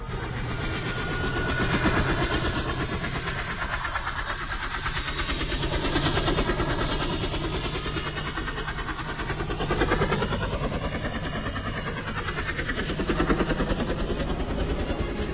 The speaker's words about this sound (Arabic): خالد لقى نفسه جوه صحراء ما فيهاش غير صوت الطيارة اللي سمعه اول ما نزل